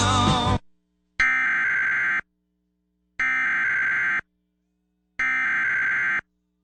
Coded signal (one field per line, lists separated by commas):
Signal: Emergency Alert System (SAME) tones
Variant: header bursts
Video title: Severe Thunderstorm Warning on KDLR-AM (7/14/2022) (EAS #1668)